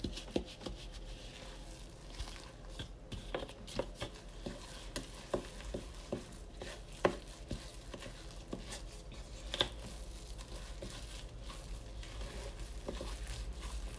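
Banana bread being made: a string of short, sharp knocks and taps, like utensils and bowls being handled, comes every half second or so, clustering between about 3 and 10 seconds. Soft rustling and scraping fill the gaps, over a steady low hum.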